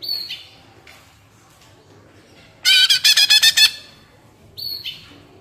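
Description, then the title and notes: Leafbird song: a downslurred whistle, a quiet pause, an one-second burst of rapid repeated notes, then another whistle. Captive-style singing used as a master recording for training kept birds; described as gacor (singing constantly) and ngentrok, with raised crest, tuneful. "Cucak Ijo Gacor Ngentrok Jambul Nembak. suara burung cucak ijo gacor, merdu cocok buat masteran burung cucak ijo"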